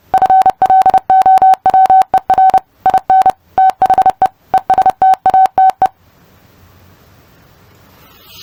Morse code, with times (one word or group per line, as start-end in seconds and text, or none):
0.1-2.6 FLOWER
2.9-3.3 IN
3.6-4.3 THE
4.5-5.9 ESTATE